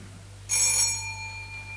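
A telephone bell rings once in an office, a bright burst of metallic, high-pitched tones that fades out over about a second, with a steady low hum underneath.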